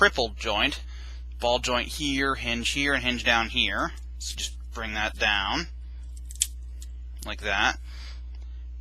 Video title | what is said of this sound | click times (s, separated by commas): Deluxe Class ROTF Soundwave | that it doesn't actually snap into place it's just a very very tight fit again | none